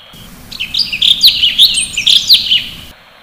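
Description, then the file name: Sooty-headed bulbul song, a lively stream of bright whistled and chirping notes tumbling together for about two seconds, with steady low background hiss. "suara kicauan cucak cungkok. omkicau"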